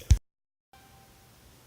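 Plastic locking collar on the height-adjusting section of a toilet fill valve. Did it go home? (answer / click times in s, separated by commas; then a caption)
yes / 0.1 s. A plastic locking collar is slid down over the height-adjusting upper section of a toilet fill valve until it locks, so the valve won't blow off under water pressure. One sharp click is heard at 0.1 s, followed by silence and then a faint, steady low background tone from about 0.7 s. The collar is locked in place and does not pull up when tugged.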